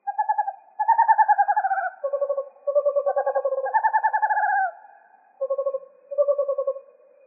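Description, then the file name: Western screech owl giving overlapping fast tremulous trills at two pitches, nearly continuous, with brief pauses between series; background otherwise still. Recorded in Arizona on 7 January 2006. "WESO 3 D deviche"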